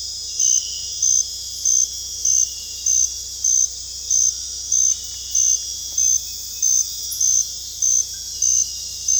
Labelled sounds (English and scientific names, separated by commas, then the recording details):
none
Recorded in dense forest near Puerto Asís, Putumayo, Colombia, on 21 December 2024 at 21:00
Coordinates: 0.486, -76.317
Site G003